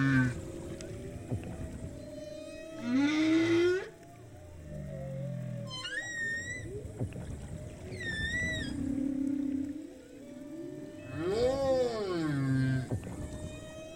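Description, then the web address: Humpback whale song of swooping upsweeps and arching moans, some bright and high, others low and groaning, over a steady wash of water noise. Binaural, in the ocean; heard first above the water and then below it. "3 D-Binaural Audio - the future of audio Ocean - Humpback whale"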